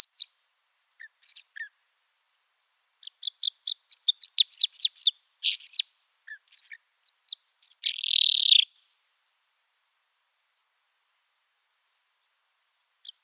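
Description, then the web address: Common crossbill with scattered chips building into a fast twittering passage, then one harsh buzzy burst, followed by a long quiet gap and a final chip. "Schulze Peter Common Crossbill song"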